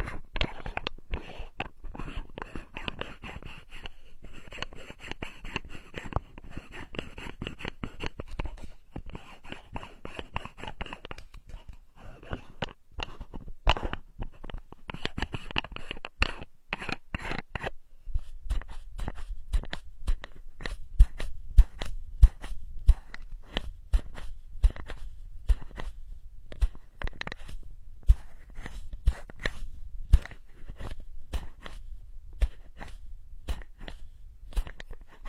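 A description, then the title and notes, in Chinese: Bottle caps are handled in a run of small tapping and crackling sounds. For the first eighteen seconds the clicks come fast and dense, like crinkling; after that they turn sparser and sharper, bright snaps over soft low knocks. 多种瓶盖触发音。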